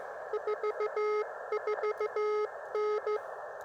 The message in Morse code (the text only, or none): 44N